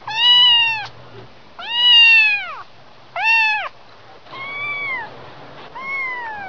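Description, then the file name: Cat: kitten meowing five times, thin high mews that rise and then fall, spaced about a second and a half apart, the last two softer. "kitten"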